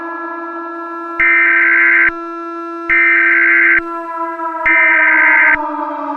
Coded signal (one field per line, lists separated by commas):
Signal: Emergency Alert System (SAME) tones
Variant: header bursts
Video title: "9/11" - A Historical EAS Scenario (#11)